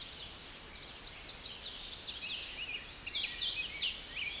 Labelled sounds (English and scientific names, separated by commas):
Hooded Warbler (Setophaga citrina) song